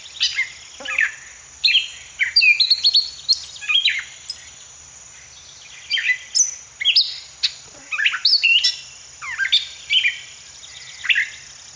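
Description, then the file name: Gray catbird song, a rapid jumble of squeaky, scratchy and chirping phrases in quick bursts with brief pauses, over a steady high tone. "Gray Catbird - Dumetella carolinensis"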